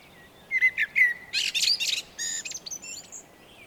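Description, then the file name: Eurasian blackbird phrase of a few clear whistled notes leading into rapid high, chattering twitters. "Turdus merula"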